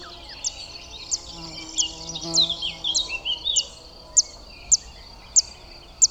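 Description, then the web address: Zitting cisticola calling: sharp, very high 'zit' notes repeated about every 0.6 seconds, with a burst of other twittering bird notes in the middle. "Zitting cisticola. صدای-پرنده-سبدنشین-چکاچک"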